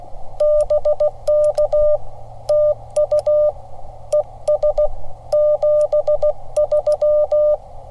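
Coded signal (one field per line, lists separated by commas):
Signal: Morse code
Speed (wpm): 16 wpm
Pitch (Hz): 600 Hz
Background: none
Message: BK TU ES 73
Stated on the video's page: CW on a Parks on the Air activation at a state park in New Jersey.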